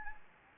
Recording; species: mosquito wingbeat signal from an infrared sensor; Anopheles gambiae